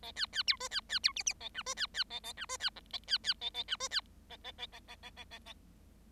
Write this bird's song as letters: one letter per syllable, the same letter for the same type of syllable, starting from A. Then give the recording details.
A B B C D B B C E E A F D B B A A F D B G A B B A A F D B A A A A A A A A A. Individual Bird7